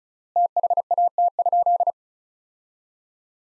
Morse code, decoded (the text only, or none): THAT?